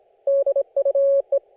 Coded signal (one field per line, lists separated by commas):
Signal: Morse code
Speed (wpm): 25 wpm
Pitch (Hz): 560 Hz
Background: none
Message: DUE